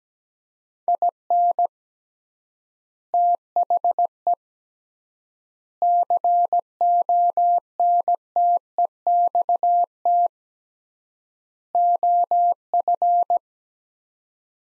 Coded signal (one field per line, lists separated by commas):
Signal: Morse code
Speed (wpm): 17 wpm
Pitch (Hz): 700 Hz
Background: none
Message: IN THE CONTEXT OF